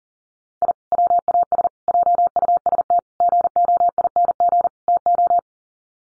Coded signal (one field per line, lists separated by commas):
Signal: Morse code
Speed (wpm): 40 wpm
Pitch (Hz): 700 Hz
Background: none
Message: I WAS JUST GOING TO